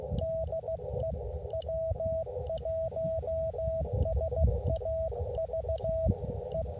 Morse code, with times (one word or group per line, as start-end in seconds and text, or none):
0.2-1.1 DE
1.5-6.1 W1SAV
6.5-6.6 E